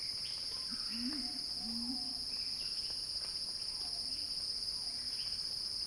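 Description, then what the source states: High, constant cicada buzz over a few low wavering calls near the beginning. Cicada recording titled Cicada Crescendo, by Axel Drioli for Earth.fm.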